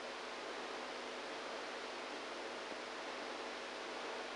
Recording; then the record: brain microelectrode recording played as sound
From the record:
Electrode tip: inside the subthalamic nucleus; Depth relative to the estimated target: 0 mm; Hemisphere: right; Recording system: NeuroSet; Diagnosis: Parkinson's disease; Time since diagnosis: 27 years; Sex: male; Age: 62 years